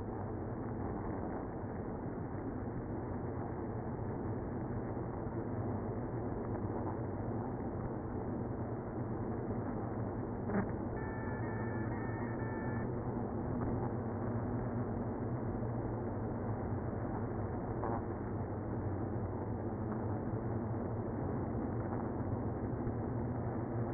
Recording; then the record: honeybee colony, microphone inside the hive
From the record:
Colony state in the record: queenless (queen removed); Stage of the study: after two queens were removed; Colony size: about 60,000 bees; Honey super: yes